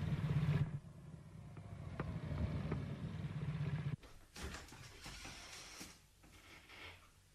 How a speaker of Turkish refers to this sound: Hilliard geliyor. Galiba arabayı garaja çekecek.